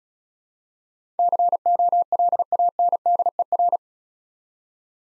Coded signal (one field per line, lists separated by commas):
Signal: Morse code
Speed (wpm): 35 wpm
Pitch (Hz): 700 Hz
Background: none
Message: COLANDER